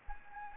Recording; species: mosquito wingbeat signal from an infrared sensor; Anopheles gambiae